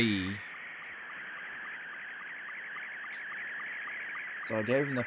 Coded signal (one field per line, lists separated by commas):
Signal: SSTV (slow-scan television)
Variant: Scottie 2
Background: speech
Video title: SSTV on Ham Radio ( watch me figure it out)